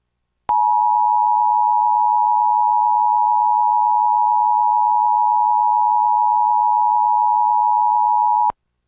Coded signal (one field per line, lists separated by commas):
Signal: Emergency Alert System (SAME) tones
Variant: 853 and 960 Hz attention tone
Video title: EAS #873-877: 5 EAS National Periodic Tests (National EAS Test)- Oct. 4, 2023- 11:20AM PDT